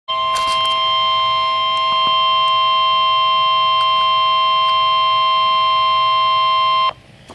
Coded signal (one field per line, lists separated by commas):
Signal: Emergency Alert System (SAME) tones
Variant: 1050 Hz attention tone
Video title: Severe T-Storm Warning [EAS #212] 6/25/13